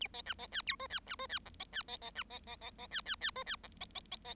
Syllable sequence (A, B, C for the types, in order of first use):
A B C B D E F D C F D G B D B B C B B B B D D D F D G B B B B